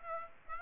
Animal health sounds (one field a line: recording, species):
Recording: mosquito wingbeat signal from an infrared sensor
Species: Aedes aegypti